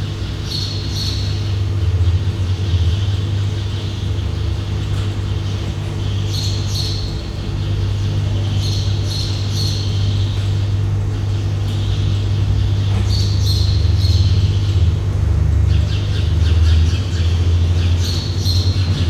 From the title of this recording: Airplane Hanger Ambience with Birds Chirping